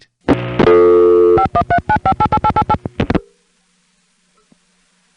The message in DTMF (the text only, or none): 5139588888